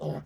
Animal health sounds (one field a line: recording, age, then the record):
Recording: pig call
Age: piglet (1 to 25 days)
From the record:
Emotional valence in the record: negative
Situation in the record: short isolation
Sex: female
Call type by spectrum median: low-frequency call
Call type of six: low-frequency stable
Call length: 0.26 s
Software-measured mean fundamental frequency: 50 Hz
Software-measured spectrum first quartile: 162 Hz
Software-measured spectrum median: 328 Hz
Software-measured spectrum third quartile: 569 Hz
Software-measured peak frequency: 155 Hz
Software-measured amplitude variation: 120 dB a second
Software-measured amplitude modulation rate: 5.8 a second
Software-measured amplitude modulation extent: 20.7 dB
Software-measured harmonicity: 0.7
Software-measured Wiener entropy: -0.48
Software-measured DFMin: 1245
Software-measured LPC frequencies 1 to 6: 497, 1733, 3099, 4954, 7510, 8626 Hz